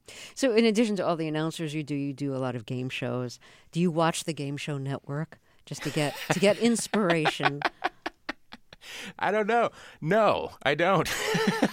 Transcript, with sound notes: So in addition to all the announcers you do, you do a lot of game shows. Do you watch the Game Show Network...
(Laughter).
...Just to get inspiration?
I don't know. No, I don't.